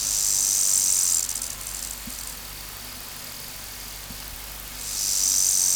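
Omocestus panteli grasshopper song: loud, dry, hissing high-pitched stridulation at the start, a quieter gap, then another strong burst near the end, over a low hum.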